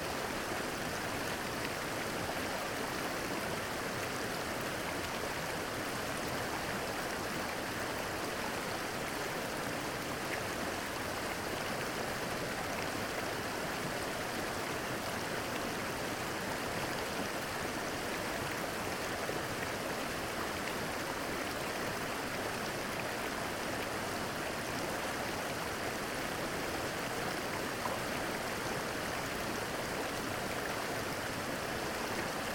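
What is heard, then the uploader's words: A trickling stream pours steadily over a small fall, a dense, unbroken wash of water that stays level from start to finish. The sound is fairly bright, with a faint hiss on top and a soft low rumble beneath. ASMR Trickling Waterfall. In this episode, you will hear trickling water stream.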